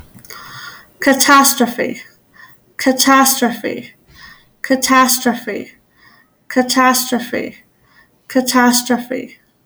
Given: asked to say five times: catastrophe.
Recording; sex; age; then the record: repeated word; female; 30 to 39 years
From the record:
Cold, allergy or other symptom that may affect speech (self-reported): no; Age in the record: 36 years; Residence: Kansas, United States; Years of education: 12